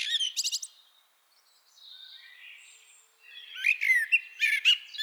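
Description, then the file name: Common blackbird twittering, a sharp high burst at the start, a soft quiet warble, then rapid squeaky phrases near the end. "Turdus merula"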